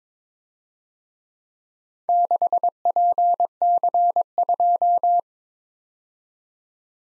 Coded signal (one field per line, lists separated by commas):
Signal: Morse code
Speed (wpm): 26 wpm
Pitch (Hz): 700 Hz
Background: none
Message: 6PC2